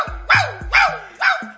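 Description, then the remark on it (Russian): A small dog, Totoshka, lets out three sharp, high-pitched yaps in quick, even succession, each bark loud and bright with a brief tail, and no voices alongside. “Что с тобой, Татошка?”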